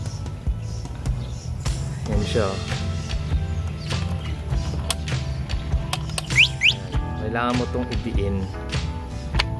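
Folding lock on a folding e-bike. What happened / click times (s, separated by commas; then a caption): The folding latch clicked open when pressed / 9.4 s. Someone talks while pressing down on the folding lock of a folding e-bike to unlock it, with music in the background. A loud, sharp click at 9.4 s marks the lock releasing open.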